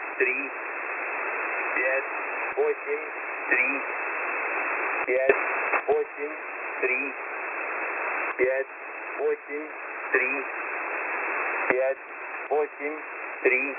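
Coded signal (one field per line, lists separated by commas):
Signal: numbers station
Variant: S06b Russian Man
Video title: S06b Russian Man 26/10/2022 1425 UTC 12203kHz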